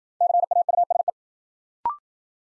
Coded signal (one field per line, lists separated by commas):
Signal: Morse code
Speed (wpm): 53 wpm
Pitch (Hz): 700 Hz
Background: none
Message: CAUSE